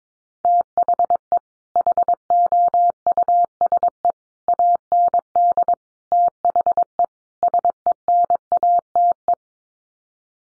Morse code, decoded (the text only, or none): THE HOUSE AND THE SENATE